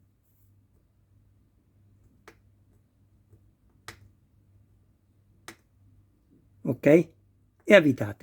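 A small screw sits in the pre-cut threaded hole of a plastic part on the rear suspension subframe of a 1:8 scale Audi quattro model chassis, and the screwdriver is turned backwards until the screw drops into the existing thread so it can be screwed in without damage. Sharp, faint clicks sound at 2.3, 3.9 and 5.5 seconds over a low steady hum, showing the screw has seated in the thread. Someone then talks.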